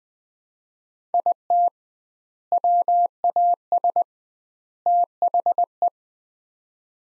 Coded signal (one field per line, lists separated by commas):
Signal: Morse code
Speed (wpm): 20 wpm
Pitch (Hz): 700 Hz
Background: none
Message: IT WAS THE